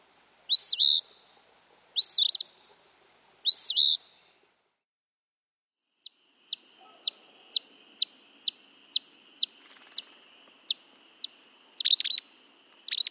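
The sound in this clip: Eastern phoebe gives three raspy two-note phrases, then a string of several sharp single chip notes, ending with phrases starting again.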